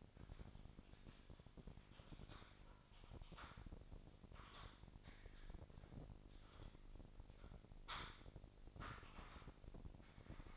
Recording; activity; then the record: daily activity, microphone in the room; typing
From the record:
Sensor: 5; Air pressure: 1007.7 hPa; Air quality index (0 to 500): 95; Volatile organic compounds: 1 ppm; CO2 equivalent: 748 ppm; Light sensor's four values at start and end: 36/85/34/35 and 36/84/34/35